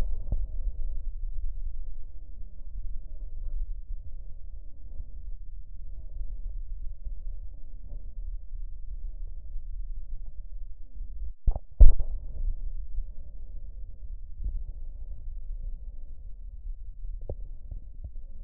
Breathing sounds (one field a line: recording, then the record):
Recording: lung sounds by stethoscope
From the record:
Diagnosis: emphysema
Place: left posterior upper chest